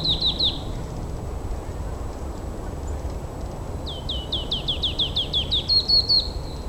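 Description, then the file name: Marsh tit song: three quick downslurred notes, a pause, then a longer run of many rapid repeated high notes, over low background noise. Song of the same individual bird. "Par pal song the-same-bird"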